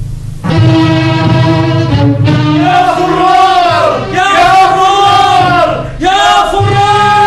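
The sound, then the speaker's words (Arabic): A loud crowd of the people of Medina cheers and chants together, welcoming the returning army of Mu'tah, in a sustained, swelling roar, with brief dips between surges as the shouting rises again. “أسمعت هتاف أهل المدينة واستقبالهم لجيش مؤتة؟”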